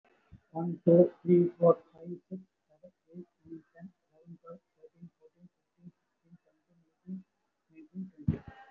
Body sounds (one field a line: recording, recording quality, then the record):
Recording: counting at a fast pace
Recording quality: excellent, no background noise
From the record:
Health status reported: respiratory illness, not identified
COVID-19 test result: negative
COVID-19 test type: RT-PCR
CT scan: not taken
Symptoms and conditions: cough, cold, breathing difficulty, fatigue, muscle pain, chronic lung disease, pneumonia, another respiratory illness, hypertension, another condition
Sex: male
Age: 64 years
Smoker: no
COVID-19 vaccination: both doses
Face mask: not worn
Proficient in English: yes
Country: India